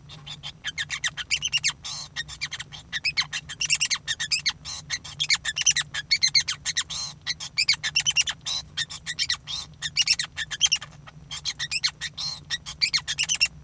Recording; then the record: song of a male Bengalese finch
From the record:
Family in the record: son of father 5